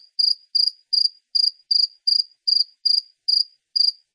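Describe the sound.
Cricket chirps, high and trilled, coming in an even beat roughly every 0.4 seconds against silence.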